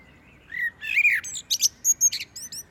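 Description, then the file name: Common blackbird song: soft low whistles swelling into a fluty phrase, then a string of quick, high squeaky chirps. "Turdus merula"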